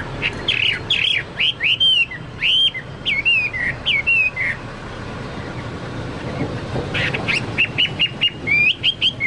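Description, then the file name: Chinese hwamei song: loud slurred whistles falling and rising, phrases with short pauses, a quieter gap, then a further run of brief whistled notes. "hwamei-2-omkicau"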